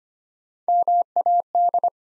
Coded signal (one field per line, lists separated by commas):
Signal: Morse code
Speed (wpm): 25 wpm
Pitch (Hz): 700 Hz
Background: none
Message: MAD